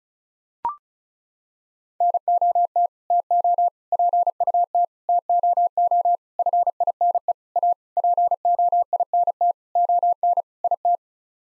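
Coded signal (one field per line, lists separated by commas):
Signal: Morse code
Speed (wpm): 34 wpm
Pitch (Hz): 700 Hz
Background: none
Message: NOT TO PUT TOO FINE A POINT ON IT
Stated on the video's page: Morse head-copy practice at 35 wpm: sets of nine common words sent, spoken, then sent again.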